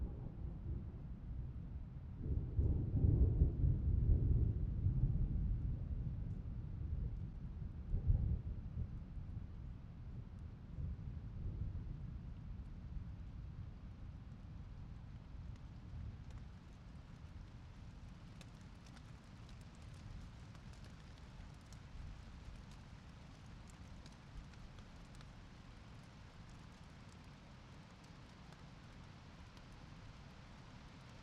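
A night storm passes with a deep, heavy thunder rumble swelling between about two and nine seconds, then slowly fading. After that a steady low rush like swollen streams continues, with faint light crackles and patters of rain scattered through the second half.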